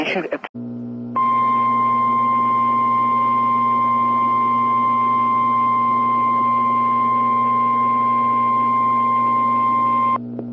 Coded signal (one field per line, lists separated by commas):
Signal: Emergency Alert System (SAME) tones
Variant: 1050 Hz attention tone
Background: speech